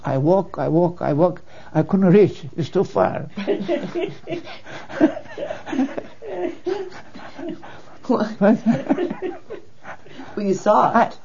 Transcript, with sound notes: I walk, I walk, I walk - I couldn't reach - it's too far.
(laughs) Well you saw it.